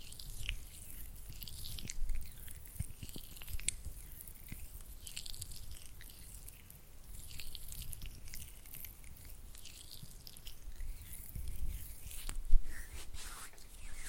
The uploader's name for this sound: Oily Hand and Flutter Finger Sounds